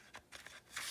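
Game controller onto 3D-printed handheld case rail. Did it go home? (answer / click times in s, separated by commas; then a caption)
no / none. A Nintendo Switch Joy-Con game controller is slid onto the rail of a 3D-printed plastic handheld case prototype. Brief rubbing and scraping bursts come around 0.15, 0.35 and 0.46 s, then a louder, broader sliding noise rises at 0.77 s and holds to the end. Nothing has seated or locked yet.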